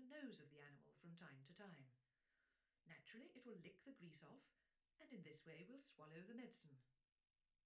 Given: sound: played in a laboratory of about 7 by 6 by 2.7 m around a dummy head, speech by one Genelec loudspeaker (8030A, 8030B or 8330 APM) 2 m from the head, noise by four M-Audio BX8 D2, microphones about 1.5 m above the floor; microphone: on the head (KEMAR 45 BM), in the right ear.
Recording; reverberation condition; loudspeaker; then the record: female speech in English; low; behind (180 degrees)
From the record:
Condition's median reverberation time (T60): about 310 ms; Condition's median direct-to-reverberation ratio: about 3.5 dB